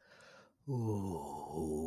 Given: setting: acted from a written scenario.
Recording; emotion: vocal sound without words; contentment